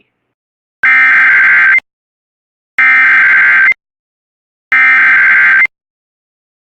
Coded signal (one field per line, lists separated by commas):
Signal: Emergency Alert System (SAME) tones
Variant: header bursts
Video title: EAS #46-52: Seven WX Alerts (WJON/IP Relays)